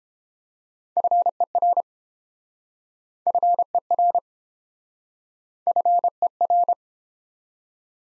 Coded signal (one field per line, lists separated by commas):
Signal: Morse code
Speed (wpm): 31 wpm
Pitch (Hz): 700 Hz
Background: none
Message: FER FER FER